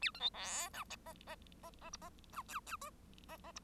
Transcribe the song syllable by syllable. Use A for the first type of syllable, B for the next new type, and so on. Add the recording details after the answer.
A B C D E F F F F G F E H H I. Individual Bird1